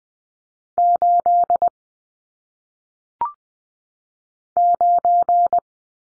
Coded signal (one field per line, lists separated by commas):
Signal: Morse code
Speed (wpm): 20 wpm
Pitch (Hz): 700 Hz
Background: none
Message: 8 9